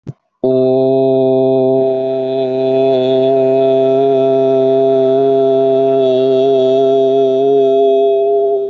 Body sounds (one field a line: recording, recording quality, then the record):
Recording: sustained vowel as in boot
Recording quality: excellent, no background noise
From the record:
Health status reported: healthy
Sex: male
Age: 26 years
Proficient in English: yes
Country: India